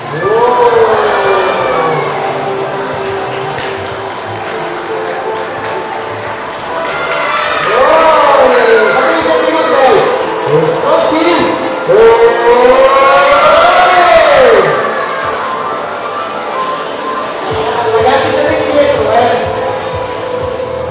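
Noisy, crowded din at a soap-bubble workshop in a shopping centre, with children's high voices rising in wavering shrieks and squeals, strongest around 8 and 13 seconds. Chatter and shouting stay dense and continuous throughout, with a steady low murmur underneath.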